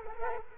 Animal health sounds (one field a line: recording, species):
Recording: mosquito wingbeat signal from an infrared sensor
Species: Culex quinquefasciatus